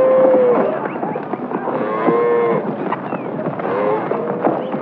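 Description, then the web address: Cattle lowing, a few short moos over constant clattering herd noise. Cattle stampede. "SFXSource. Cattle Stampede Cowboys 2"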